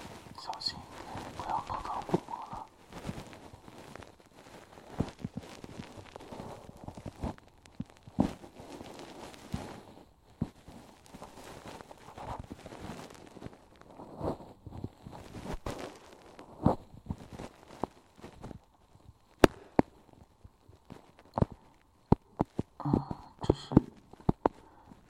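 Ear cleaning sounds: irregular sharp clicks, scratches and soft rubbing over a quiet hiss, with a few louder pops near the end.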